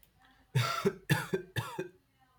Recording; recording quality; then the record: heavy voluntary cough; excellent, no background noise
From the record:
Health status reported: healthy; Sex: male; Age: 18 years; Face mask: not worn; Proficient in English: yes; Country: India